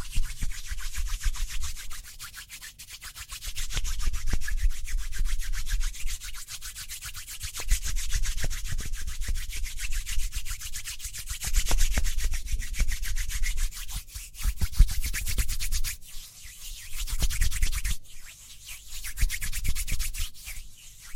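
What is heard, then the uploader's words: Speedy hand sounds: fast, dense rubbing and scratching strokes run almost continuously, with a hissy top and soft low thumps underneath. The rhythm surges and eases in waves, with brief pauses near 3, 16 and 18 seconds before the brisk rubbing resumes. ASMR Speedy Hand Sounds (No Talking).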